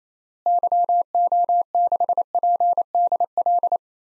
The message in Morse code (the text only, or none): YO6PDL